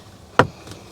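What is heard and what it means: On a 1st gen Toyota Tundra, the lower plastic steering column cover is pressed up onto the upper cover. A sharp snap sounds at 0.4 s, followed by a faint softer tap at 0.7 s. The two covers are confirmed snapped together and seated.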